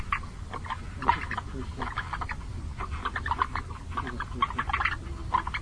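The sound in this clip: Long-legged frog calls: short, rapid clicking croaks in uneven bursts, with a steady low rumble underneath.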